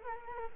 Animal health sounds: mosquito wingbeat signal from an infrared sensor; Culex quinquefasciatus

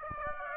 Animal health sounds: mosquito wingbeat signal from an infrared sensor; Aedes aegypti

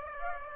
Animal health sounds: mosquito wingbeat signal from an infrared sensor; Aedes aegypti

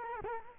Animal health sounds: mosquito wingbeat signal from an infrared sensor; Culex quinquefasciatus

